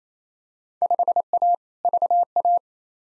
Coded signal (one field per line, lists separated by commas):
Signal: Morse code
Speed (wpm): 28 wpm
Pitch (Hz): 700 Hz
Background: none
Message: 5A VA